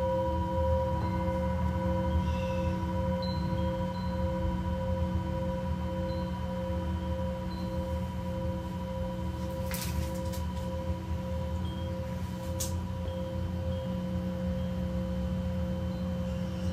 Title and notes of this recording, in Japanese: シンギングボウルのサウンドヒーリング。チベタンシンギングボウル